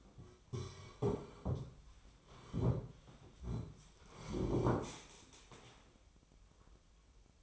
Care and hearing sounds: daily activity, microphone in the room; sit down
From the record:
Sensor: 1

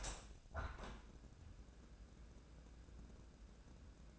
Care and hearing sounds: daily activity, microphone in the room; open window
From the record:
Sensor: 2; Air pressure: 1012.2 hPa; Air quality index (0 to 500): 123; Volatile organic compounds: 1 ppm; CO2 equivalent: 910 ppm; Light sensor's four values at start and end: 108/259/106/105 and 109/261/107/107

